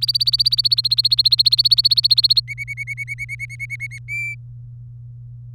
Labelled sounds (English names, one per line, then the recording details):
Domestic Canary song
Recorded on 24 April 2018 at 11:28
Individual llb3